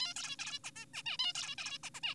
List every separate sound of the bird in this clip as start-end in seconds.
0.00-0.14, 0.16-0.36, 0.39-0.59, 0.64-0.70, 0.76-0.86, 0.94-1.02, 1.06-1.17, 1.19-1.33, 1.35-1.55, 1.58-1.78, 1.84-1.90, 1.95-2.00, 2.03-2.14